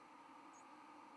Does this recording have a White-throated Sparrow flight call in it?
no